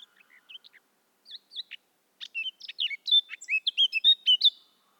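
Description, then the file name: Eurasian blackcap song: soft scattered twittering notes that build into a louder, fast warble of clear fluty whistles near the end. "Sylvia atricapilla"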